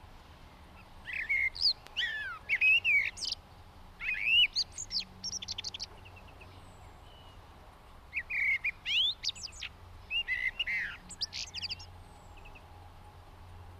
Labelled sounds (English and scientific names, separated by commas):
Common Blackbird (Turdus merula) song